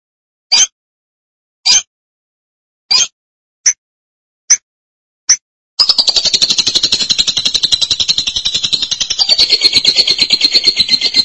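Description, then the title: Lovebird calls as six sharp single notes at short intervals, followed by continuous rapid, shrill, buzzy chattering. "BM Suara Burung Lovebird"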